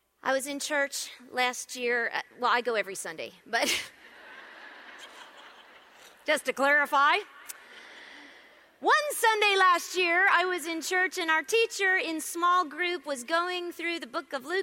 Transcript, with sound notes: I was in church last year, well, I go every Sunday. (laughter) Just to clarify, one Sunday last year I was in church, and our teacher in small group was going through the book of Luke.